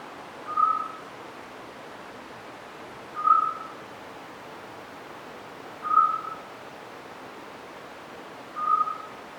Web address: Autillo europeo